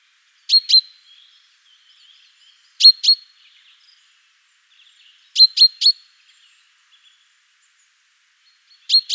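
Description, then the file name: Common chaffinch giving sharp, clipped high notes in pairs or threes, repeated every two to four seconds against a quiet background. "Fringilla coelebs"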